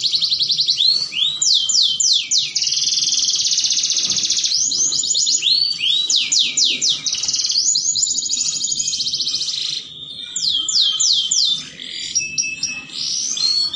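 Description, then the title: Belgian canary song: rapid rolling trills and repeated sweeping notes, high and bright, delivered almost continuously with brief changes of phrase. Belgian canary song used to warm up canaries for mating. "Canto Para Esquentar Canário Belga. Pancingan Suara Kenari Kawin"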